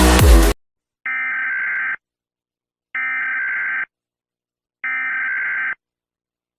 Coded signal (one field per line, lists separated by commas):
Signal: Emergency Alert System (SAME) tones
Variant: header bursts